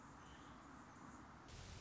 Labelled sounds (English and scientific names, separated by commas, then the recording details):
Anna's Hummingbird (Calypte anna)
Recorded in Sonoma County, California